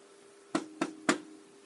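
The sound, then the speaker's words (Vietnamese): Three firm knocks on a door, evenly spaced about a quarter second apart, each a sharp thud with a short ring, over a faint steady hum. “Tiếng gõ cửa vang lên.”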